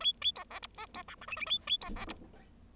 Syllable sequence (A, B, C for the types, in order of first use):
A A B C D E B F G H H A A B C D